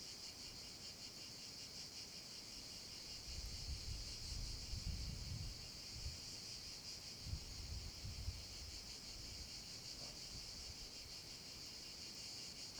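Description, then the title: Cicada chorus holds a continuous high shimmering buzz while wind gusts rumble low through the middle section. Cicadas in an abandoned quarry, with wind; recorded with a Zoom H6 and MS capsule. "Cava abbandonata - Vento e cicale nella cava"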